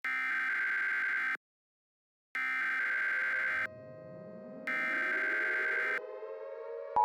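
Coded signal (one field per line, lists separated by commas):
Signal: Emergency Alert System (SAME) tones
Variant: header bursts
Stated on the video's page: Fictional EAS scenario, a global alert.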